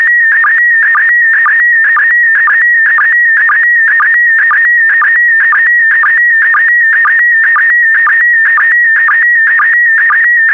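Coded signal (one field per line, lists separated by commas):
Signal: SSTV (slow-scan television)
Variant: PD120 mode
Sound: continuous warbling tone with a rhythmic low chirp about twice per second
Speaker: complete. You can now check your decoded image against the picture that is shown on the video.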